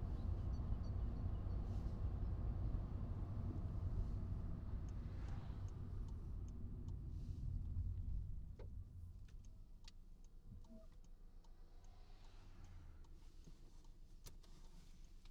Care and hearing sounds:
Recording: everyday scene through a hearing-aid microphone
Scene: in a vehicle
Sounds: engine, traffic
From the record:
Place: Skoda Fabia, gasoline engine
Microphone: in the ear canal, right

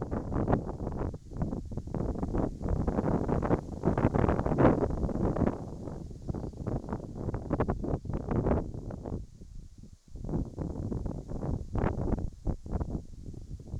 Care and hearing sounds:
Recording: everyday scene through a hearing-aid microphone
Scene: wind on the microphone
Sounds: wind, whistling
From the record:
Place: in front of a rural house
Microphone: in the ear canal, right

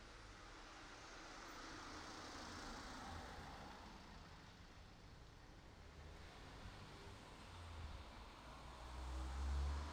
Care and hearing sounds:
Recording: everyday scene through a hearing-aid microphone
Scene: in traffic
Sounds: traffic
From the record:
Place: city secondary road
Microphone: in the ear canal, right

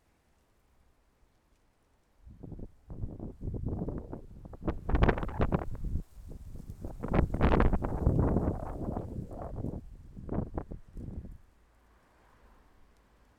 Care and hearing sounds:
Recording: everyday scene through a hearing-aid microphone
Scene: wind on the microphone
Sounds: wind, traffic, birds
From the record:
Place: suburban garden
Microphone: behind the ear, left, front

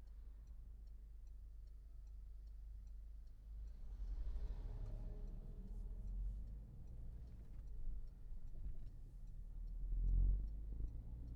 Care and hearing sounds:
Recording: everyday scene through a hearing-aid microphone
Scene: in a vehicle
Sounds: engine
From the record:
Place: Berlingo II, diesel engine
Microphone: behind the ear, left, rear

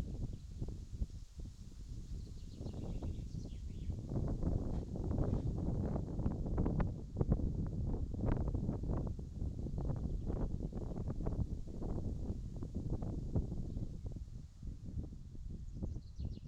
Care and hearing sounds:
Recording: everyday scene through a hearing-aid microphone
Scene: wind on the microphone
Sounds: wind, birds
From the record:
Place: in front of a rural house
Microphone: in the ear canal, left

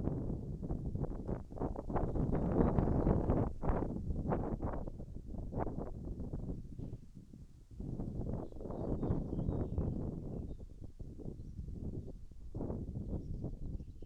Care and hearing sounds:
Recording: everyday scene through a hearing-aid microphone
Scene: wind on the microphone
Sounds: wind, birds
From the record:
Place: in front of a rural house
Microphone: behind the ear, right, front

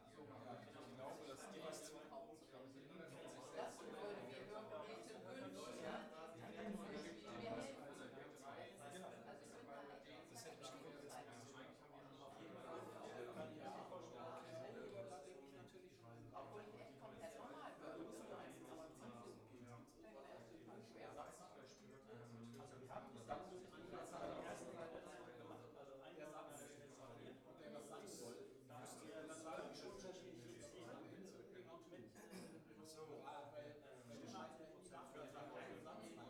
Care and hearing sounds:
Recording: everyday scene through a hearing-aid microphone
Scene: many people talking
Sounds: many voices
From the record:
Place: bistro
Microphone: behind the ear, left, front

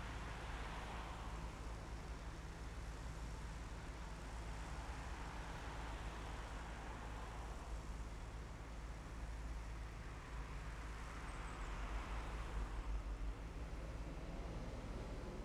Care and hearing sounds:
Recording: everyday scene through a hearing-aid microphone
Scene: in traffic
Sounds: traffic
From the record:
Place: main city hub, rush hour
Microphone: behind the ear, left, rear

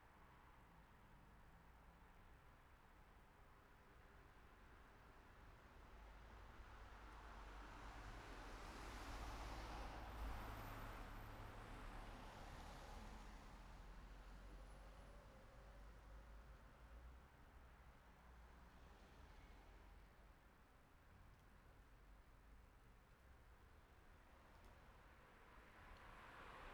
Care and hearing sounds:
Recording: everyday scene through a hearing-aid microphone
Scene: in traffic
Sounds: traffic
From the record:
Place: city secondary road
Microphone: behind the ear, right, rear

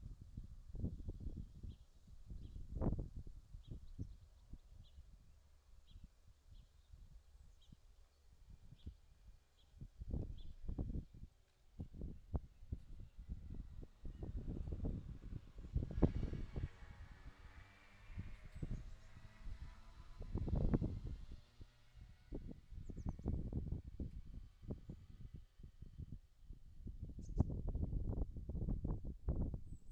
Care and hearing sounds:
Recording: everyday scene through a hearing-aid microphone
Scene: wind on the microphone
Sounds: wind, vehicle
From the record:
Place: in front of a rural house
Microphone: in the ear canal, left

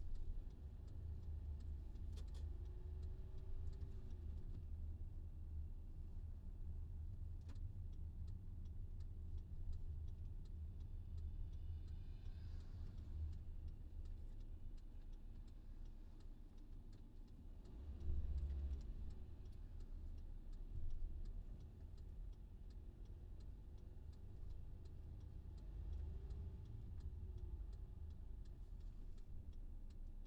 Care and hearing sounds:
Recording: everyday scene through a hearing-aid microphone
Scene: in a vehicle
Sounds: engine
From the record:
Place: VW T5 Caravelle, diesel engine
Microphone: in the ear canal, left

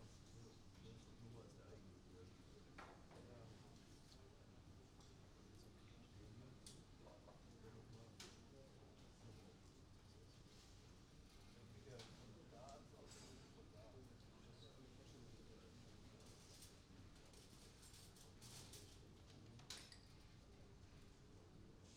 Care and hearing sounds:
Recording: everyday scene through a hearing-aid microphone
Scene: many people talking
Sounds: many voices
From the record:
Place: university cafeteria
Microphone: in the ear canal, right

